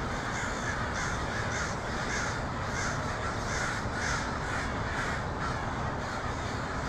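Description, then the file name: Crows cawing in rhythmic harsh bursts, many birds overlapping above continuous background noise. Multiple crows recorded in Portland (PDX) on 23 October 2018. "pdx crows 2018-10-23"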